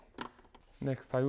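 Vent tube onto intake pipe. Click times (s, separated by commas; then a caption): 0.2 s. During reassembly of a BMW G30/G31 intake, the plastic vent tube is clicked back onto the intake pipe, giving a sharp click at 0.2 s followed by a fainter tap around 0.6 s. The vent tube is seated, and someone then talks.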